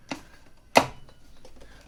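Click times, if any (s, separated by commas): 0.8 s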